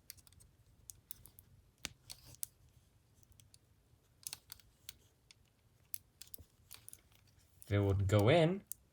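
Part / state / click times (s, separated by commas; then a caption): figure hand onto the wrist joint / not seated / none. A swappable trigger hand is being handled and pushed toward the wrist peg of a die-cast and plastic Metal Build EVA-02 Production Model action figure, with light plastic taps and clicks scattered through the clip. Near the end someone talks briefly. Nothing has seated or clicked into place yet.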